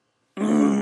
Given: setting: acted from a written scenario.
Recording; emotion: vocal sound without words; anger